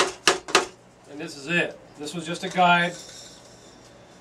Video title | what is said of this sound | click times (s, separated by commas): Gold Sucker Tube - How To Build the 5 footer | and it just pops off | 0.3 s, 0.5 s